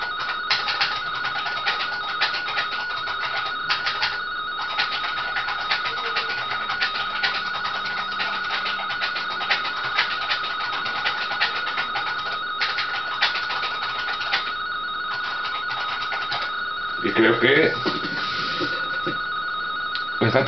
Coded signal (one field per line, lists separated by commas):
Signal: RTTY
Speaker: Vemos que tenemos la portadora acogida. Y creo que